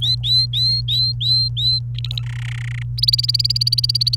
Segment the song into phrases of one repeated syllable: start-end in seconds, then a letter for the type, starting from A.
0.02-1.80 A, 1.95-2.22 B, 2.23-2.83 C, 2.98-4.15 D